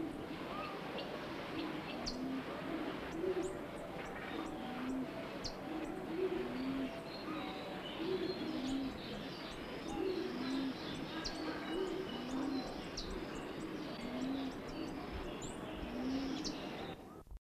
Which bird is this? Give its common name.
Jambu Fruit Dove